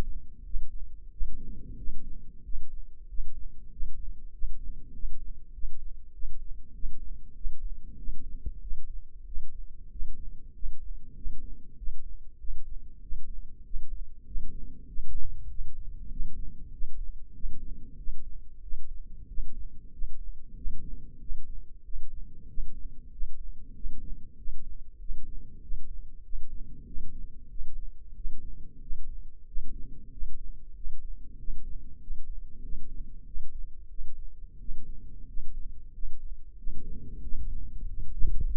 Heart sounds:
heart sounds by microphone in the left ear; 95 bpm
0.45 s: heartbeat
1.11 s: heartbeat
1.77 s: heartbeat
2.44 s: heartbeat
3.08 s: heartbeat
3.71 s: heartbeat
4.32 s: heartbeat
4.93 s: heartbeat
5.53 s: heartbeat
6.13 s: heartbeat
6.74 s: heartbeat
7.35 s: heartbeat
7.97 s: heartbeat
8.61 s: heartbeat
9.26 s: heartbeat
9.90 s: heartbeat
10.54 s: heartbeat
11.15 s: heartbeat
11.77 s: heartbeat
12.38 s: heartbeat
13.01 s: heartbeat
13.64 s: heartbeat
14.25 s: heartbeat
14.87 s: heartbeat
15.49 s: heartbeat
16.10 s: heartbeat
16.72 s: heartbeat
17.33 s: heartbeat
17.97 s: heartbeat
18.62 s: heartbeat
19.27 s: heartbeat
19.91 s: heartbeat
20.55 s: heartbeat
21.20 s: heartbeat
21.83 s: heartbeat
22.47 s: heartbeat
23.11 s: heartbeat
23.74 s: heartbeat
24.37 s: heartbeat
24.99 s: heartbeat
25.61 s: heartbeat
26.23 s: heartbeat
26.85 s: heartbeat
27.49 s: heartbeat
28.15 s: heartbeat
28.80 s: heartbeat
29.46 s: heartbeat
30.11 s: heartbeat
30.74 s: heartbeat
31.37 s: heartbeat
32.00 s: heartbeat
32.62 s: heartbeat
33.25 s: heartbeat
33.88 s: heartbeat
34.59 s: heartbeat
35.27 s: heartbeat
35.92 s: heartbeat
36.56 s: heartbeat
37.21 s: heartbeat
37.87 s: heartbeat
38.51 s: heartbeat
From the record:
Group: healthy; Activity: cold pressor test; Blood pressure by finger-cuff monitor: 142/71 mmHg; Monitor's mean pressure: 90 mmHg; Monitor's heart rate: 95 bpm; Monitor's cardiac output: 10.1 L/min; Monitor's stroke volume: 106 mL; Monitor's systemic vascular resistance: 650 dyn s/cm5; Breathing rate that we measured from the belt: 19 breaths a minute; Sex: male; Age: 24 years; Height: 184 cm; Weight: 89 kg

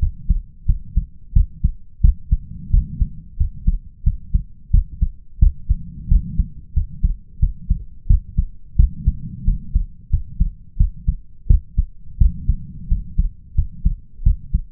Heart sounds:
heart sounds by stethoscope; 88 bpm
0.65 s: heartbeat
1.33 s: heartbeat
2.00 s: heartbeat
2.70 s: heartbeat
3.36 s: heartbeat
4.03 s: heartbeat
4.70 s: heartbeat
5.39 s: heartbeat
6.08 s: heartbeat
6.73 s: heartbeat
7.39 s: heartbeat
8.06 s: heartbeat
8.76 s: heartbeat
9.44 s: heartbeat
10.09 s: heartbeat
10.77 s: heartbeat
11.47 s: heartbeat
12.17 s: heartbeat
12.88 s: heartbeat
13.54 s: heartbeat
14.23 s: heartbeat
From the record:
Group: healthy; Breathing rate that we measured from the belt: 18 breaths a minute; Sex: male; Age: 21 years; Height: 180 cm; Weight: 67.5 kg

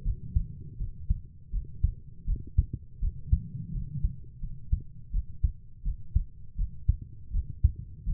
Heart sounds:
heart sounds by stethoscope; 82 bpm
0.04 s: heartbeat
0.78 s: heartbeat
1.51 s: heartbeat
2.26 s: heartbeat
3.00 s: heartbeat
3.73 s: heartbeat
4.41 s: heartbeat
5.12 s: heartbeat
5.84 s: heartbeat
6.57 s: heartbeat
7.32 s: heartbeat
8.05 s: heartbeat
From the record:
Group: healthy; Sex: female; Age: 22 years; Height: 160 cm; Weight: 63 kg

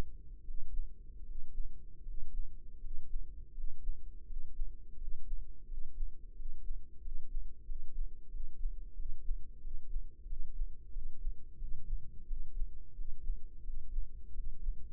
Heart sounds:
heart sounds by microphone in the right ear; 86 bpm
0.42 s: heartbeat
1.22 s: heartbeat
2.01 s: heartbeat
2.78 s: heartbeat
3.51 s: heartbeat
4.23 s: heartbeat
4.95 s: heartbeat
5.64 s: heartbeat
6.33 s: heartbeat
6.99 s: heartbeat
7.63 s: heartbeat
8.28 s: heartbeat
8.93 s: heartbeat
9.58 s: heartbeat
10.24 s: heartbeat
10.90 s: heartbeat
11.56 s: heartbeat
12.24 s: heartbeat
12.92 s: heartbeat
13.61 s: heartbeat
14.31 s: heartbeat
From the record:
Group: healthy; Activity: breath hold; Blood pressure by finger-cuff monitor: 84/49 mmHg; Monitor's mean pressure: 61 mmHg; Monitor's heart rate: 88 bpm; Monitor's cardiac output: 5.7 L/min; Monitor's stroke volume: 65 mL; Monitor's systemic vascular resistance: 710 dyn s/cm5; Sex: male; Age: 20 years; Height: 167 cm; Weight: 61 kg

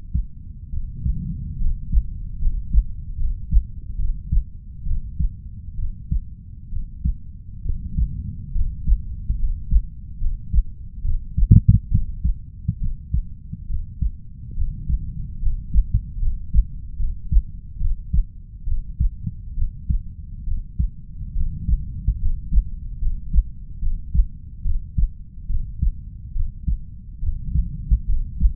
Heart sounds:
heart sounds by stethoscope; 70 bpm
0.70 s: heartbeat
1.57 s: heartbeat
2.38 s: heartbeat
3.16 s: heartbeat
3.96 s: heartbeat
4.83 s: heartbeat
5.75 s: heartbeat
6.69 s: heartbeat
7.62 s: heartbeat
8.52 s: heartbeat
9.36 s: heartbeat
10.18 s: heartbeat
11.01 s: heartbeat
11.88 s: heartbeat
12.78 s: heartbeat
13.66 s: heartbeat
14.54 s: heartbeat
15.39 s: heartbeat
16.19 s: heartbeat
16.96 s: heartbeat
17.77 s: heartbeat
18.64 s: heartbeat
19.54 s: heartbeat
20.44 s: heartbeat
21.33 s: heartbeat
22.18 s: heartbeat
22.98 s: heartbeat
23.79 s: heartbeat
24.62 s: heartbeat
25.46 s: heartbeat
26.32 s: heartbeat
27.19 s: heartbeat
28.05 s: heartbeat
From the record:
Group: healthy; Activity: rest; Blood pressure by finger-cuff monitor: 116/60 mmHg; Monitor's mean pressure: 76 mmHg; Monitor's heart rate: 69 bpm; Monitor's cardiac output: 5.8 L/min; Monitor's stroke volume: 83 mL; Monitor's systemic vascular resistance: 950 dyn s/cm5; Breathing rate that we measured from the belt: 9 breaths a minute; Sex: female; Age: 32 years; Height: 168 cm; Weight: 61.9 kg

